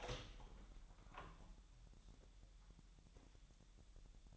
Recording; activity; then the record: daily activity, microphone in the room; open door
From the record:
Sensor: 3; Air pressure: 1001.2 hPa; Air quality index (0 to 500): 249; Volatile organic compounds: 178 ppm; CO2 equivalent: 4138 ppm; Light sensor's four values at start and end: 12/29/12/12 and 12/29/12/12